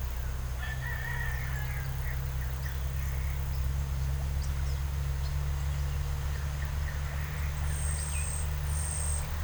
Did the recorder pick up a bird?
yes